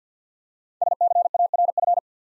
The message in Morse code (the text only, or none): SCARF